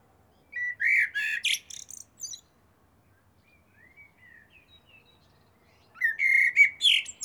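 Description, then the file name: Common blackbird delivering two song phrases of rich, fluted whistles that run into squeaky high flourishes, separated by a pause with faint soft notes. "Turdus merula"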